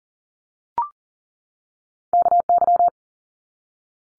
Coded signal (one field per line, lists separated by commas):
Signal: Morse code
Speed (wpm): 40 wpm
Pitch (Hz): 700 Hz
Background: none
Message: KY